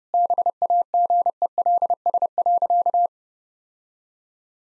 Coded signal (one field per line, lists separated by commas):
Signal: Morse code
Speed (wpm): 30 wpm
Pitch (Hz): 700 Hz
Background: none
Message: BAGELS.